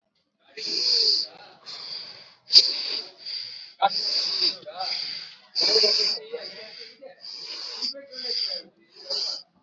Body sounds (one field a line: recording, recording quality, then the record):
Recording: deep breathing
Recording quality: excellent, no background noise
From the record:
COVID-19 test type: RT-PCR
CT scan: not taken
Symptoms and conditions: none ticked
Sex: male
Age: 29 years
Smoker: no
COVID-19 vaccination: both doses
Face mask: worn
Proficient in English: yes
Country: India